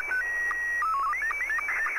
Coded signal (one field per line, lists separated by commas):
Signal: SSTV (slow-scan television)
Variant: Scottie 2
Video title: Sound Card Communications - Slow Scan TV (SSTV)